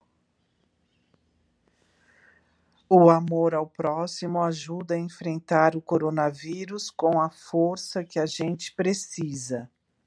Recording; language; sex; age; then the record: spoken sentence; Brazilian Portuguese; female; 50 to 59 years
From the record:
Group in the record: control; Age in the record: 56 years